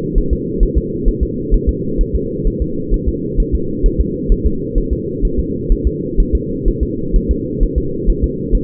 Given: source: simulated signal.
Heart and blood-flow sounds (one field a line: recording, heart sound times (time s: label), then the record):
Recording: fetal heart sounds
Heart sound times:
0.18 s: S1
0.33 s: S2
0.63 s: S1
0.78 s: S2
1.08 s: S1
1.23 s: S2
1.54 s: S1
1.69 s: S2
2.01 s: S1
2.15 s: S2
2.47 s: S1
2.62 s: S2
2.94 s: S1
3.08 s: S2
3.40 s: S1
3.55 s: S2
3.86 s: S1
4.01 s: S2
4.32 s: S1
4.47 s: S2
4.78 s: S1
4.93 s: S2
5.25 s: S1
5.39 s: S2
5.72 s: S1
5.87 s: S2
6.20 s: S1
6.35 s: S2
6.68 s: S1
6.83 s: S2
7.16 s: S1
7.31 s: S2
7.63 s: S1
7.78 s: S2
8.10 s: S1
8.24 s: S2
8.55 s: S1
From the record:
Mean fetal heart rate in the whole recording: 130 bpm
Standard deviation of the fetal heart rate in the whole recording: 4 bpm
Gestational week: 38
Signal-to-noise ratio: -6.6 dB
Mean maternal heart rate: 72 bpm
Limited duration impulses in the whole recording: present